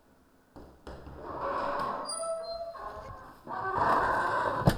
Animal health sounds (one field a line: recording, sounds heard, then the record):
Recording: poultry house recording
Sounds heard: no chicken sound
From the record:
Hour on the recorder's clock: 21